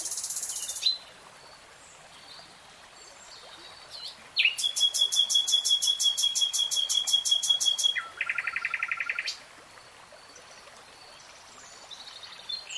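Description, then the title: Nightingale song: a buzzy rattle, a pause, then a long, fast, very regular pulsing trill of about four seconds that drops into a lower rattle. Nightingale singing in real time. "[Tiếng chim hót] 3 Hours REALTIME Nightingale Singing"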